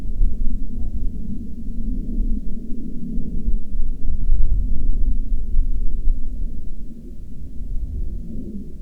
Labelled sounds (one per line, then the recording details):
aircraft
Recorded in the Prudhoe Bay oil fields, Alaska, on 16 June 2019 at 14:32
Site 13